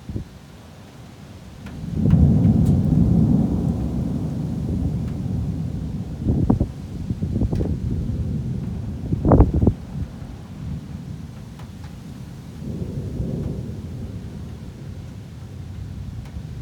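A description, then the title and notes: A storm rumbles low and deep, swelling at two seconds and lingering, with sharp crackles near six and nine seconds and another rise near thirteen. Storm in Krakow.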